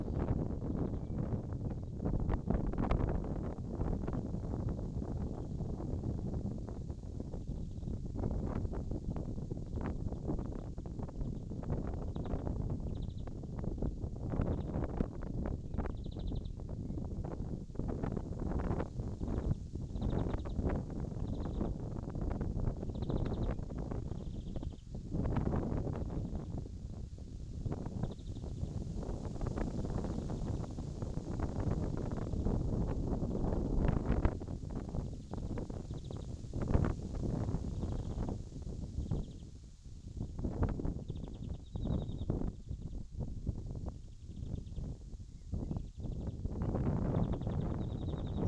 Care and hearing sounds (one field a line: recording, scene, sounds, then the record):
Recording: everyday scene through a hearing-aid microphone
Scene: wind on the microphone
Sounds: wind, birds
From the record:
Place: in front of a rural house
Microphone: in the ear canal, left